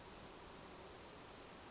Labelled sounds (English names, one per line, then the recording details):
Brown Creeper
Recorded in Sonoma County, California